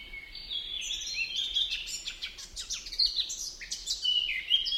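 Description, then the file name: Eurasian blackcap singing a continuous, fast, chattering warble of varied high notes and short fluty phrases throughout. "Sylvia atricapilla"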